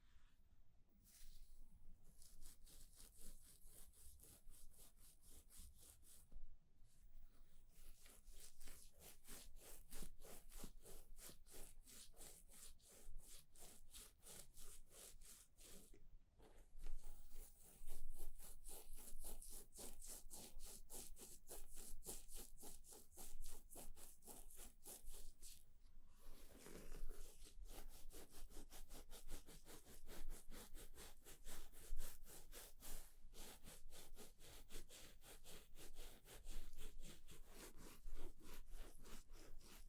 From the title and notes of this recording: ASMR Relaxing Barber Shop (No Talking) Haircut, Shaving, Shampoo & Massage, etc.